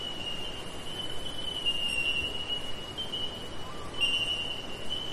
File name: zapsplat. nature forest ambience eastern australia summer bell minors insects